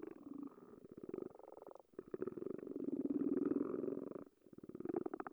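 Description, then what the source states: Frogs underwater produce fast pulsed rattles in overlapping runs, broken by two brief dips. Frogs recorded underwater with a hydrophone.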